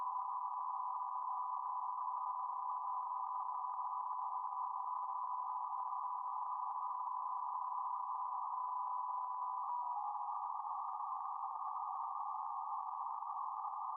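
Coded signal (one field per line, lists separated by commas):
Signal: PSK31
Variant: BPSK31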